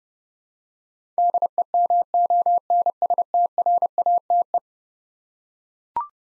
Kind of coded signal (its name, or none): Morse code